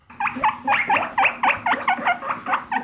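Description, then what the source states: Guinea pig squeaks: about a dozen short, bright squeals repeated in quick succession over about three seconds. Recording of a real guinea pig, played back; its sound described as very cute.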